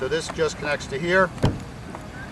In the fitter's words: connection goes on locks in place again this is a blur proof connection okay this is totally submersible